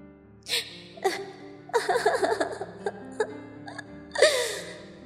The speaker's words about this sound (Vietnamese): Bên ngoài, từng trận âm phong lại cuồn cuộn thổi đến. Trong gió còn mang theo tiếng khóc, tiếng cười rinh rít ma quái.